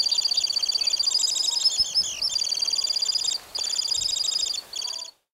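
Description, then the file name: Temminck's stint song: a high, fast, ringing trill of rapid pulses, broken by short pauses and a brief varied twittering phrase before the trill resumes. "Calidris temminckii song"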